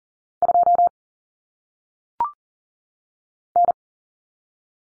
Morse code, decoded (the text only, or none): 2 N